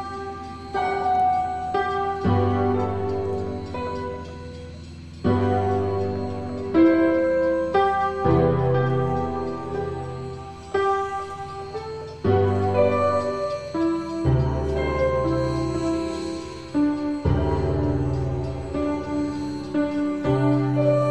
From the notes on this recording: An old song on a computer generated piano; field and foley recordings; miscellaneous bits and pieces of digital sounds; a sine waves; the ocean; a train.